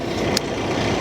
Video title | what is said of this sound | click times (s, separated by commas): These are the best NACS to CCS EV Adapters to charge on Tesla Superchargers - Lectron and A2Z Pro | and the experience with these Tesla Chargers is always just awesome so fast to connect I just heard it click | 0.4 s